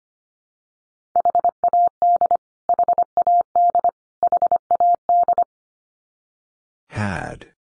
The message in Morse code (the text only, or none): HAD HAD HAD